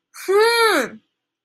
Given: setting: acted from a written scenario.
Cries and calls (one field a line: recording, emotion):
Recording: vocal sound without words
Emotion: anger